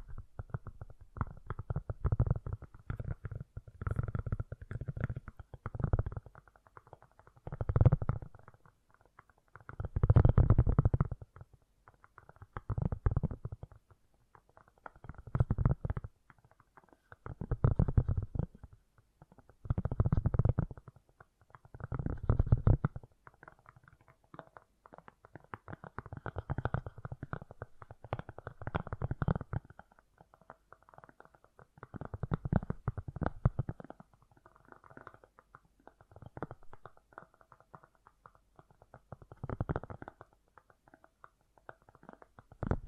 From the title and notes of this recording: ASMR Fast & Gentle Tapping for Sleep 1 Hour (No Talking).